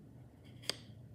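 A stopper is fitted onto a woodworking marking tool so it cannot slide all the way down and scratch the wood. Against a quiet low hum, a single sharp, bright click is heard at 0.7 s as the stopper seats into place.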